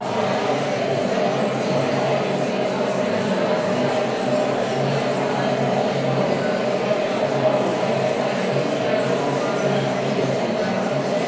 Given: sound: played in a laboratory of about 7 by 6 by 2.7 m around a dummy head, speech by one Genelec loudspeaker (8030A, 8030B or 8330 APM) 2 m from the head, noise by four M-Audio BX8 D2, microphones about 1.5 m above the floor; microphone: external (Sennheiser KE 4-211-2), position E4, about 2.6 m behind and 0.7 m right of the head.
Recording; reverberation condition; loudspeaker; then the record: babble noise; high; four, about 170 cm from the corners of the room and facing them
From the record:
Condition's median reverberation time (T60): about 1300 ms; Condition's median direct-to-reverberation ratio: about -4.0 dB